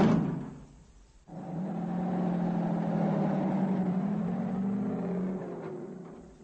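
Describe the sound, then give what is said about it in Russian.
A car drives along Menkestrasse and its side streets, its engine humming with a steady, low drone that swells after a brief pause and holds evenly before easing off at the end. “Мы проехали по Менкештрассе и по прилегающим к ней улицам.”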